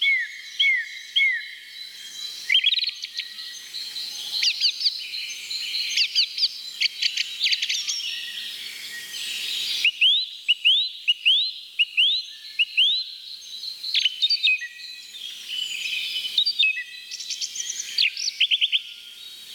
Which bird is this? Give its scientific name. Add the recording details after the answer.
Turdus philomelos. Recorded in the wild. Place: Oberrotweil am Kaiserstuhl, Baden-Württemberg, DE. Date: 1985-04-05. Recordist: Schwarz, Dieter